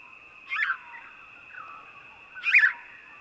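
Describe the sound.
House sparrow giving two husky chirps two seconds apart, with a faint softer note between and a continuous high whine.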